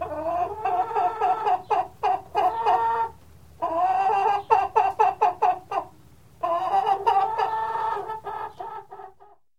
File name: Sound Ideas 2000 Series - Chicken Cluck